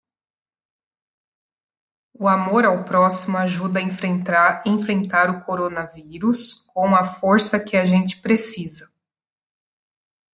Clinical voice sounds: spoken sentence; Brazilian Portuguese; female; 30 to 39 years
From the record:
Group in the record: control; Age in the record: 35 years

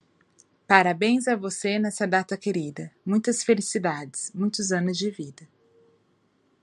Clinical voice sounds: short text; Brazilian Portuguese; female; 40 to 49 years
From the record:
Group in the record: control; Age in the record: 40 years

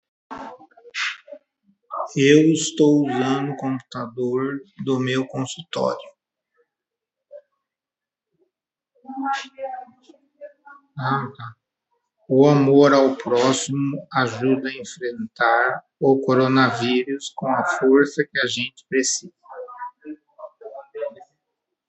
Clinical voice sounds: spoken sentence; Brazilian Portuguese; male; 50 to 59 years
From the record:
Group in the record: control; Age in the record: 57 years

